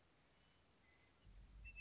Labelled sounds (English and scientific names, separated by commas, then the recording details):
Western Meadowlark (Sturnella neglecta)
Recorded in Sonoma County, California